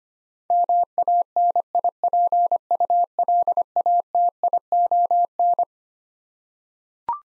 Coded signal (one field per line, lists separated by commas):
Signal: Morse code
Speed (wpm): 25 wpm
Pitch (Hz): 700 Hz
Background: none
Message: MANIPULATION